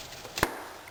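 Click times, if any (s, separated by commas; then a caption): 0.4 s. An oil filter cartridge for a 2009 VW Jetta TDI is pressed into its plastic oil filter housing cap while the cap is threaded clockwise by hand. A soft contact sound at 0.4 s is followed by a sharp snap at 0.4 s as the filter's small tangs catch inside the cap, confirming the filter is seated.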